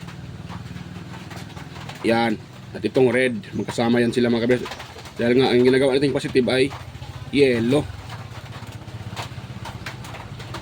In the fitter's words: Ayaw mag-lock ha.